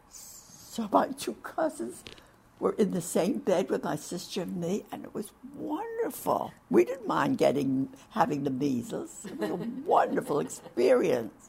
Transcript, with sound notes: So my two cousins were in the same bed with my sister and me and it was wonderful we didn't mind getting--having the measles. (laughter) It was a wonderful experience.